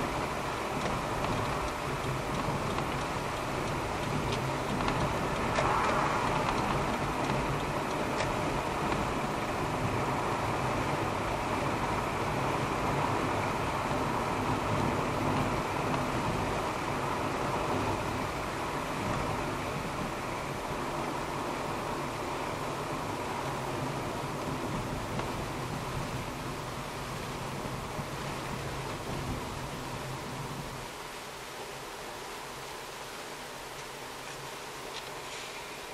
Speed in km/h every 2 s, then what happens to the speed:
63, 65, 67, 69, 70, 72, 73, 72, 68, 64, 60, 56, 51, 47, 45, 42, 43, 42.
0-13 speeds up to 73. 13-26 slows to 47. 26-36 steady at about 43.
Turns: none.